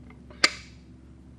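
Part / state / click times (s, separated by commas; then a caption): torque converter onto transmission input shaft / partly seated / 0.4 s. A torque converter is spun and pushed onto a transmission input shaft and pump, with faint ticks at 0.1 s and 0.3 s before a sharp metallic click rings out at 0.4 s. This is the first of the two expected engagement clicks, so the converter is only partly seated.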